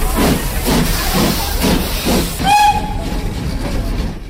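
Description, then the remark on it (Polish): A steam locomotive chuffs in steady rhythmic bursts, then gives one short, shrill whistle blast while a constant hiss of steam carries on underneath. “Na jutro lokomotywę będzie można podziwiać w Trójmieście i na Półwyspie Helskim.”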